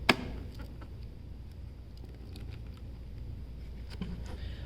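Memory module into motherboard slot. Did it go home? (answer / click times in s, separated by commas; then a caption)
yes / 0.1 s. A memory module is pushed into a motherboard DIMM slot and its retention clip snaps shut with a sharp click at 0.1 s, seating the module. Only faint ticks and a low background hum follow for the rest of the clip.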